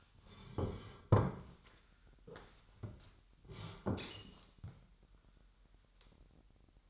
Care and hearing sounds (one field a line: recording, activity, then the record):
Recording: daily activity, microphone in the room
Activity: sit down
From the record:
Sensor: 3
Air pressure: 998.5 hPa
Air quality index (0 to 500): 131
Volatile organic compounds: 4 ppm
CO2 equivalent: 1568 ppm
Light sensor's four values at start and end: 13/28/13/15 and 9/21/9/9